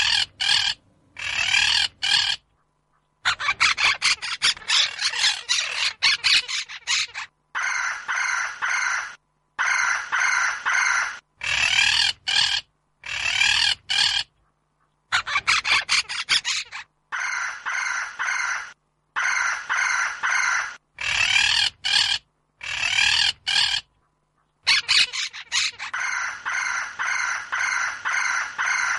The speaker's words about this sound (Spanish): Pero hay aves que no son tan simpáticas, como por ejemplo esta.